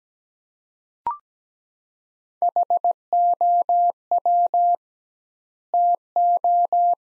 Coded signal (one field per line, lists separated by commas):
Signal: Morse code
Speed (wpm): 17 wpm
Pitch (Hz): 700 Hz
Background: none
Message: HOW TO